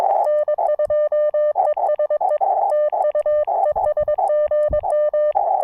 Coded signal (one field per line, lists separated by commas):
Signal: Morse code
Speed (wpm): 22 wpm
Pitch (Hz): 590 Hz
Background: none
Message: N2ESE TU ES GM